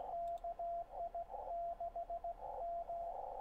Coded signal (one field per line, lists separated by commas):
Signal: Morse code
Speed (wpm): 16 wpm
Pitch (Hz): 690 Hz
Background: radio noise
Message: KI6M